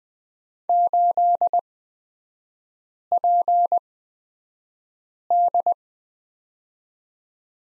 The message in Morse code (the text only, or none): 8PD